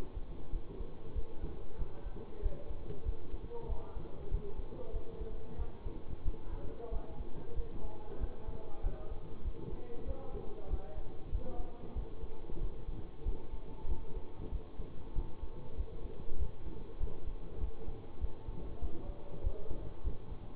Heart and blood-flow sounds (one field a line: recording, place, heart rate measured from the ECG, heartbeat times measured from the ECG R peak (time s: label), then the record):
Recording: heart sounds by stethoscope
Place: between the tricuspid and mitral areas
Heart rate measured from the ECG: 95 bpm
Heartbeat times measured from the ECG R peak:
0.50 s: heartbeat
1.13 s: heartbeat
1.76 s: heartbeat
2.40 s: heartbeat
3.03 s: heartbeat
3.66 s: heartbeat
4.28 s: heartbeat
4.91 s: heartbeat
5.56 s: heartbeat
6.22 s: heartbeat
6.89 s: heartbeat
7.53 s: heartbeat
8.18 s: heartbeat
8.81 s: heartbeat
9.42 s: heartbeat
10.04 s: heartbeat
10.67 s: heartbeat
11.29 s: heartbeat
11.93 s: heartbeat
12.58 s: heartbeat
13.23 s: heartbeat
13.86 s: heartbeat
14.49 s: heartbeat
15.13 s: heartbeat
15.74 s: heartbeat
16.36 s: heartbeat
16.97 s: heartbeat
17.58 s: heartbeat
18.18 s: heartbeat
18.79 s: heartbeat
19.41 s: heartbeat
20.01 s: heartbeat
From the record:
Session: bicycle stress test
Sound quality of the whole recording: good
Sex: male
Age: 24 years